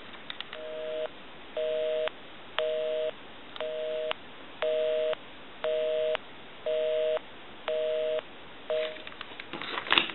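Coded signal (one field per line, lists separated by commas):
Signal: telephone call progress tone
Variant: North America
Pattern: busy tone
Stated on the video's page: Heard on a Western Electric Trimline wall telephone during initial checkout and repair.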